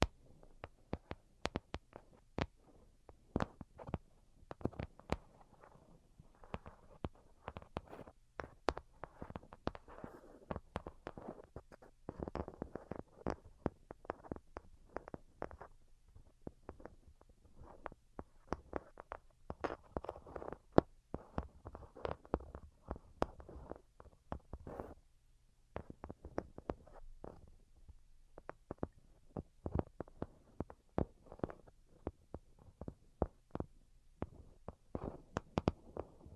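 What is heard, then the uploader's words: Delicate tapping runs through the whole clip as dense, irregular clusters of quick light taps, some sharp and bright, others soft and dull. Brief pauses break the flow near 5, 15 and 25 seconds, and a faint low hum sits underneath throughout. Most Delicate and Calming Tapping. (No Talking).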